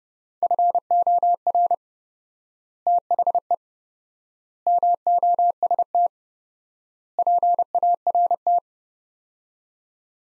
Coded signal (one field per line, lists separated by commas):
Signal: Morse code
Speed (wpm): 32 wpm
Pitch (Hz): 700 Hz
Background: none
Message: FOR THE MOST PART